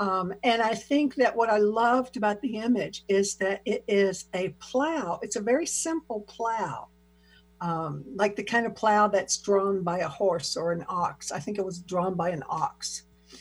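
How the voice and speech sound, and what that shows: An adult woman speaks in a fluent, conversational monologue, with a clear mid-pitched voice and natural intonation. There is one brief pause with a filler before she continues smoothly. Ordinary speech with no voice or fluency problem, in a quiet small room with a faint steady hum.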